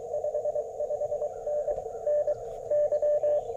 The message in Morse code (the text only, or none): 55N NY